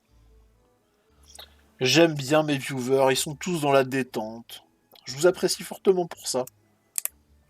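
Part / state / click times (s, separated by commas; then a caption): plastic model kit piece onto the console assembly / seated / 7.0 s, 7.1 s. Someone talks as a plastic piece of a miniature PSX console model kit is clipped onto the console assembly. It gives a sharp double click at 7.0 s and 7.1 s, and the piece is seated.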